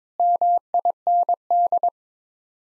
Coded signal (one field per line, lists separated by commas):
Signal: Morse code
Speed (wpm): 22 wpm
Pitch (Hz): 700 Hz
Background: none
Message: MIND